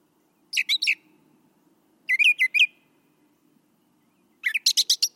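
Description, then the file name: Brown thrasher song: three short phrases of rapid, varied notes separated by pauses of one to two seconds, with a faint low hum beneath. "suara kicauan brown thrasher. omkicau"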